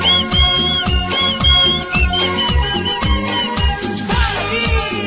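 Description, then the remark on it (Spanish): People whistle shrilly at a live music performance in Tungurahua, the wavering high notes sliding and trilling throughout over loud, driving music with a thumping bass beat. “¡Chifladores!”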